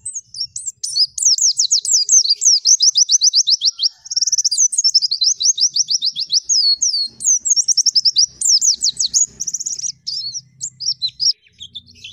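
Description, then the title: White-eye delivering a long, nearly continuous, energetic song of fast high trills and rapid downslurred chirps, changing pattern every few seconds. Kept white-eye singing loudly (gacor) with full rapid bursts (tembakan), used for song-training other caged birds. "Masteran Burung Pleci Gacor Full Tembakan"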